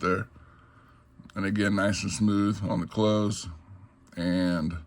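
Someone talks while handling a Rough Ryder Stockman pocket knife with orange and green smooth bone handles, closing its steel slip joint blade into the handle against the back spring. Only speech and faint handling sounds are heard. The blade has not yet snapped shut or seated.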